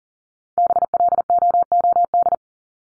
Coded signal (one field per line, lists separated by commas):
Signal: Morse code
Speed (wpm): 40 wpm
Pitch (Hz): 700 Hz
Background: none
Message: BLOOD